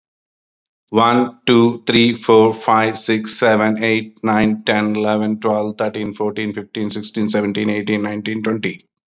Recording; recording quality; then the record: counting at a fast pace; excellent, no background noise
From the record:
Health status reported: healthy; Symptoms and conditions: cough, sore throat, hypertension, diabetes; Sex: male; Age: 59 years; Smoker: no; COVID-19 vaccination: both doses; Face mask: not worn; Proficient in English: yes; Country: India